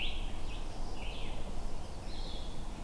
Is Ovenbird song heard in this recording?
no